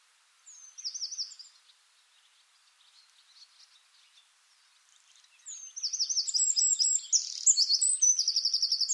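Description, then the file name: Eurasian wren song: a short high phrase near the start and faint twitters, then a long loud burst of rapid trills and rattles in the last few seconds. "Troglodytes troglodytes"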